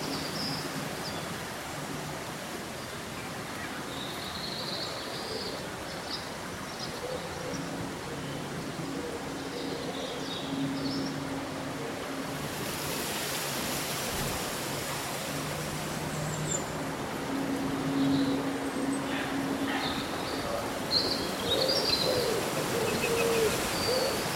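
A steady rustle of leaves in a light summer breeze fills the air while small birds chirp brightly, with a low hum underneath.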